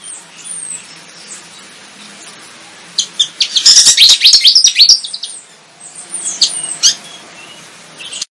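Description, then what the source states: Flycatcher song: quiet opening, then a loud two-second burst of fast, high twittering and sweeping notes, followed by softer scattered chirps. Indonesian 'tembakan' (rapid-fire burst) song style; bird described as 'gacor', singing vigorously.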